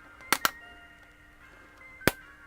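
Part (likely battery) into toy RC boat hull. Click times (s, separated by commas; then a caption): 0.3 s, 0.4 s, 2.1 s. A part of a toy RC boat, likely the battery or a hull component, is pushed into the boat's hull until it locks into place. Sharp clicks are heard at 0.3 s and 0.5 s, then another at 2.1 s, over a faint steady tonal background. The part is seated and locked in.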